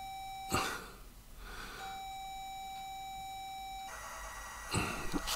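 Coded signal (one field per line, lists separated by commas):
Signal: ZX Spectrum tape loading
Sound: short noise bursts, then a steady buzzy lead tone that gives way to harsh hiss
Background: room noise, coughs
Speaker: so this is loading the tzx from uh the raspberry pi would be exactly the same as loading it from tape so every time i wanted to work on the code i'd have to have done this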